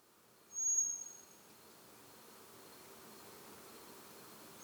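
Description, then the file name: Common blackbird single high, thin whistled note early on, then quiet hiss and the start of another note at the very end. "Turdus merula"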